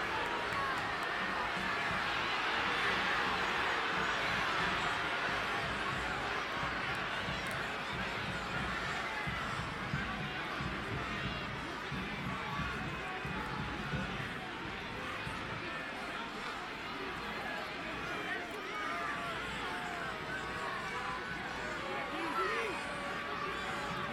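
Birmingham Legion FC fans fill the stadium with a dense, steady roar of many voices talking and shouting at once. The crowd noise stays at a constant level for the whole stretch, with scattered louder calls and brief cheers rising out of the mass.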